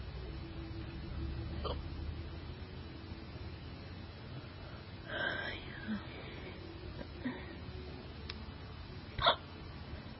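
An adult's hiccups: about three or four brief, abrupt catches of breath at uneven intervals over ten seconds, the last the sharpest and loudest, with a steady low hum in the background throughout.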